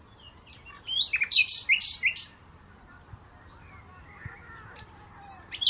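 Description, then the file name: Common nightingale: songbird phrase of loud, harsh and varied notes, followed by quieter soft calls and a thin high whistle near the end. "Luscinia megarhynchos"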